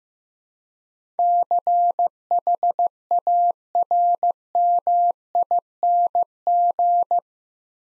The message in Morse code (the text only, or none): CHARMING